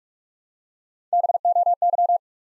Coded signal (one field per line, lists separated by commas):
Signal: Morse code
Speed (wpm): 46 wpm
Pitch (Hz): 700 Hz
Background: none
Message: BOY